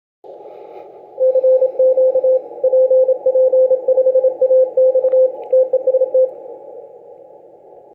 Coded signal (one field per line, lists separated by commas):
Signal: Morse code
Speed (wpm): 27 wpm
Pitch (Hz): 520 Hz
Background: none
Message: CQ PP5AX TEST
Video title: PP5AX CARLOS FROM BRAZIL WORK ON CW MORSE CODE